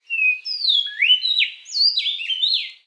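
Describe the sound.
Bird calls, a quick run of clear whistled notes sliding up and down, overlapping chirps in close succession, with no other noise.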